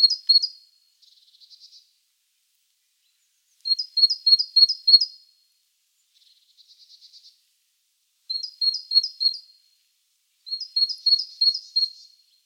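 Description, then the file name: Great tit singing bright, rapid two-note phrases in four short bursts. Softer, buzzy chattering notes fill two of the gaps between bursts. "Parus major"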